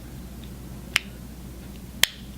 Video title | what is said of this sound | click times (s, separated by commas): Changing the battery on DSC Neo PG9975 slim door/window contact | make sure it's firmly shut you should feel it snap and you'll hear it snap and | 1.0 s, 2.0 s